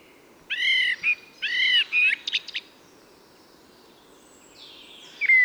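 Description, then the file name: Common blackbird song: two fluted, warbling phrases followed by a few thin squeaky notes, then near quiet before a faint high sound and a brief whistle at the end. "Turdus merula"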